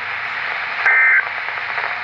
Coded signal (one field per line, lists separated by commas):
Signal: Emergency Alert System (SAME) tones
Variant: end-of-message bursts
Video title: Severe Thunderstorm Warning (EAS #469)